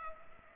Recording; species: mosquito wingbeat signal from an infrared sensor; Culex pipiens